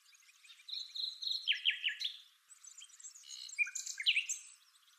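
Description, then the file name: Common nightingale song: a rich jumble of whistles, chirps and fast trilled notes, a brief pause, then another varied phrase. "Luscinia megarhynchos"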